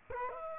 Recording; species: mosquito wingbeat signal from an infrared sensor; Culex quinquefasciatus